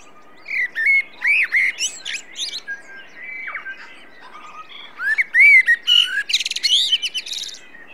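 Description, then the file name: Common blackbird song in two phrases, each opening with rich, rounded whistles and closing in rapid high-pitched squeaky twitters, with soft whistled notes between them. "Turdus merula"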